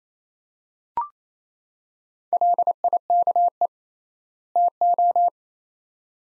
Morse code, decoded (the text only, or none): LIKE TO